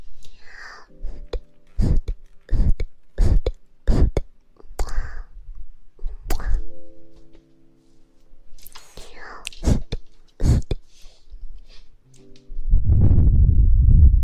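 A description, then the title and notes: Kissing and soft breathy blowing in the ear, with sharp wet smacks landing in a quick series around two to four seconds and again near ten. Airy hisses and faint murmuring tones fill the gaps, and a louder rumbling rush takes over the last two seconds. ASMR Blowing in the ear, kissing in the ear.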